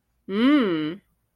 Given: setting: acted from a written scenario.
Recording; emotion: vocal sound without words; desire